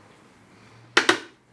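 A lithium battery pack, taken off its charger and lined up by its trapezoid shape, is pushed into the battery well of a STIHL HSA56 cordless hedge trimmer. After a quiet stretch with a faint low hum, two sharp clicks sound at 1.0 s and 1.1 s as the pack clicks into place and is seated.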